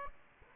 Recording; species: mosquito wingbeat signal from an infrared sensor; Aedes aegypti